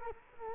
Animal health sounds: mosquito wingbeat signal from an infrared sensor; Culex quinquefasciatus

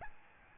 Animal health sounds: mosquito wingbeat signal from an infrared sensor; Aedes albopictus

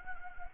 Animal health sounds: mosquito wingbeat signal from an infrared sensor; Anopheles arabiensis

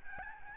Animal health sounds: mosquito wingbeat signal from an infrared sensor; Aedes albopictus

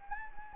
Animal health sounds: mosquito wingbeat signal from an infrared sensor; Anopheles gambiae

